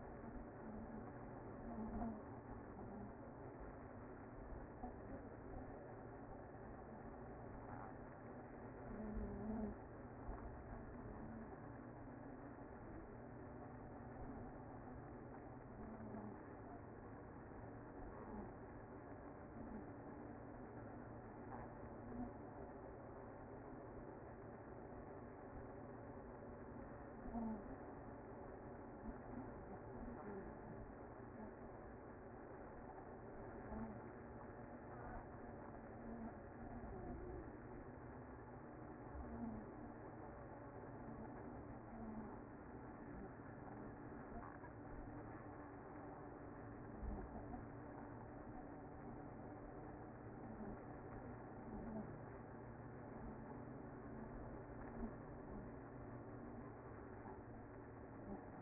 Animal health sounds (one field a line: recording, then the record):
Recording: honeybee colony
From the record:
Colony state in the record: active